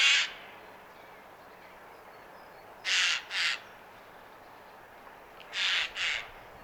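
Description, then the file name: Eurasian jay making harsh screeching calls, one at the start then two double rasps spaced a few seconds apart, with quiet between them. "Garrulus glandarius"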